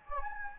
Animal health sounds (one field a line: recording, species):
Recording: mosquito wingbeat signal from an infrared sensor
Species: Anopheles gambiae